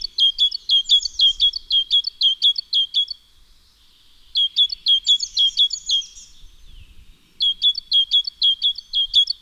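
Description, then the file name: Great tit calling in rapid, evenly repeated sharp notes, in three long bursts separated by brief quieter gaps. "Parus major"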